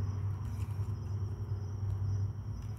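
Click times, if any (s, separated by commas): none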